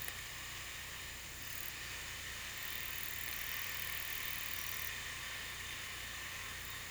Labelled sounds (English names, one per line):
none